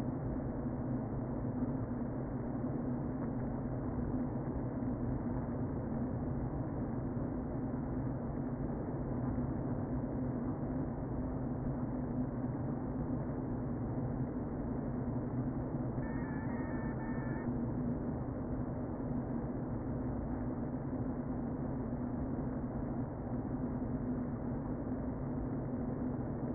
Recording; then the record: honeybee colony, microphone inside the hive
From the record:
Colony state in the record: queen present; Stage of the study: before two queens were removed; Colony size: about 60,000 bees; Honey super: yes